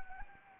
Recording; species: mosquito wingbeat signal from an infrared sensor; Anopheles arabiensis